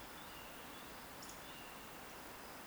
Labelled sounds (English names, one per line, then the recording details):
Eurasian Woodcock whistle
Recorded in Baden-Württemberg, Germany, on 10 June 2021 at 19:47 UTC
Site 43323, 910 m above sea level